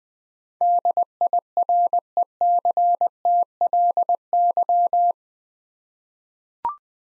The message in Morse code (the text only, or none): DIRECTLY